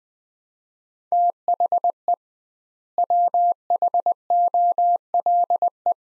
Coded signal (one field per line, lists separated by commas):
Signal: Morse code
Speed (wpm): 21 wpm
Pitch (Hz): 700 Hz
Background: none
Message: THE WHOLE